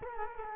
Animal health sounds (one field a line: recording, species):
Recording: mosquito wingbeat signal from an infrared sensor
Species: Culex quinquefasciatus